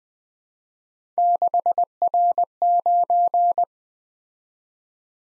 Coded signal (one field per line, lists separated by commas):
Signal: Morse code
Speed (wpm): 21 wpm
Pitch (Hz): 700 Hz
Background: none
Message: 6R9